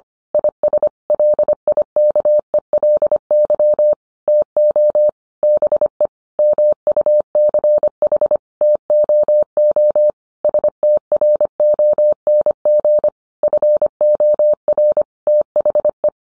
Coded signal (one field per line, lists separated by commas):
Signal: Morse code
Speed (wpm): 25 wpm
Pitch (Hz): 600 Hz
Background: none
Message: IS LIKELY TO BE MUCH TOO STRONG FOR THE